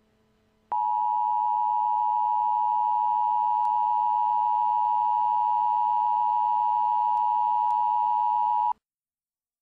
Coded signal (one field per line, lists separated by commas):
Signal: Emergency Alert System (SAME) tones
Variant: 853 and 960 Hz attention tone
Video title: Severe Thunderstorm Warning:Williamsburg and Georgetown,SC (EAS Video Creator)